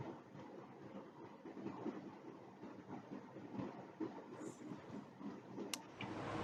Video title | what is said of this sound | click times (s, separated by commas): DFC401 Unit 4 Topic 3 Patient Care Equipment | load the cassette into the saddle until you hear a slight click | 5.7 s